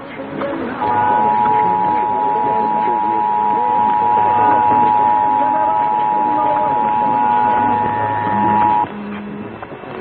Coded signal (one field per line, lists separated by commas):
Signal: Emergency Alert System (SAME) tones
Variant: 853 and 960 Hz attention tone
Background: speech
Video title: PA/GA RMTS - Pennsylvania/Georgia Monthly Tests (02/16/2022-02/17/2022) - EAS #25-27